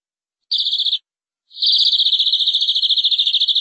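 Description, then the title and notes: Canary song: a short rolling trill, a brief pause, then a long sustained fast trill that continues to the end. "BM Suara Kenari. BM Suara Burung Kenari"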